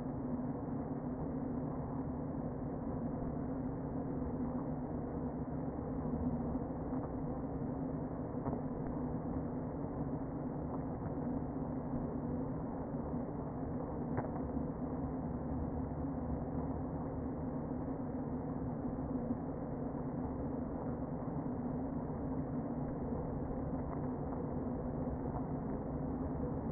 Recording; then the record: honeybee colony, microphone inside the hive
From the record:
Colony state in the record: queen present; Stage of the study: before two queens were removed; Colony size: about 60,000 bees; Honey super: yes